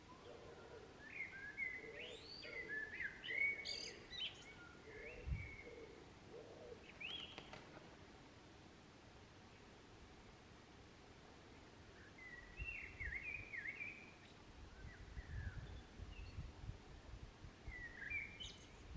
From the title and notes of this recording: A blackbird singing in the park, May 2021.